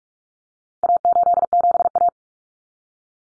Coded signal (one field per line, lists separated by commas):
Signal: Morse code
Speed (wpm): 44 wpm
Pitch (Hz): 700 Hz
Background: none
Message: A87A